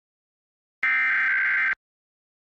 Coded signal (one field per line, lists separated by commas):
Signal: Emergency Alert System (SAME) tones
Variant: header bursts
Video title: PA Required Monthly Test (EAS #1292-1299) 9/21/23